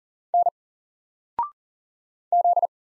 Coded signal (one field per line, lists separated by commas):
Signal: Morse code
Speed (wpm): 39 wpm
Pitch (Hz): 700 Hz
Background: none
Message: N Z